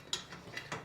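A metal extension bar is slid onto the end of an aluminium MFT workbench fence, butted up and locked into place. A sharp mechanical click at 0.1 s marks it seating, followed by two fainter ticks around 0.6 and 0.7 s. The bar is locked in place.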